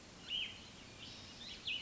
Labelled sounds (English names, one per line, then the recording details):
Cassin's Vireo
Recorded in Sonoma County, California